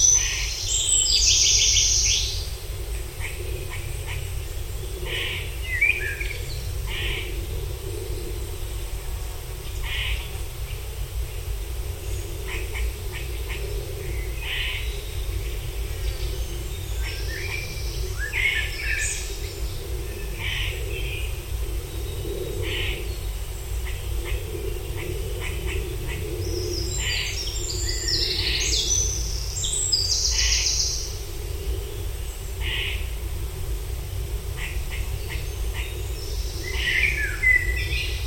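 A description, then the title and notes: Birdsong in a small summer wood, with bright chirps and short trills scattered through, busiest near the start and again around the half-minute mark. Beneath the birds runs a steady low rumble of traffic or wind, constant throughout. On a summer walk in the Oxfordshire countryside, we pause in the small but perfectly-formed Summerheath Wood to record a moment of forest-bathing calm among the birdsong. Recorded by Cities and Memory.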